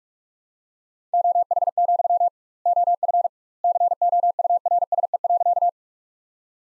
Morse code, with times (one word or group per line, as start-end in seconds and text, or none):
1.1-2.3 OH,
2.7-3.3 OF
3.6-5.7 COURSE.